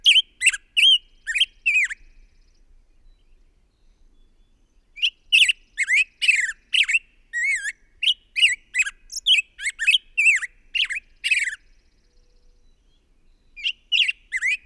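Bird song in quick bursts of sharp high chirped and twittering notes, delivered in phrases separated by short pauses, loud and clear over a quiet background.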